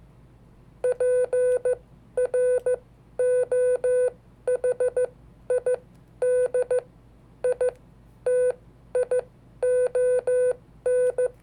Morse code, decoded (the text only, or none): PROHI DITION